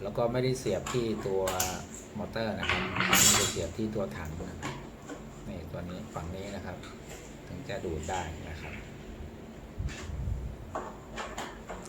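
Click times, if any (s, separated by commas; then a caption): 10.8 s. Someone talks while pushing a plastic hose fitting into the inlet on the side of an industrial vacuum cleaner's tank, not the motor head, giving it a little extra push. A sharp, short hit sounds at 10.8 s as the fitting locks into the inlet and seats.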